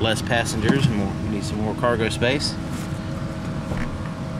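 A 2015 Buick Verano 4-door sedan's folded rear seatback is being handled on its way back up, so its latch can engage the body-side striker. Someone talks over a steady low vehicle hum. Nothing has seated or clicked yet.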